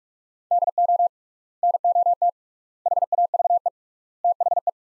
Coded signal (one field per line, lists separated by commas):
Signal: Morse code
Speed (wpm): 43 wpm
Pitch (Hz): 700 Hz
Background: none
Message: DO NOT HAVE THE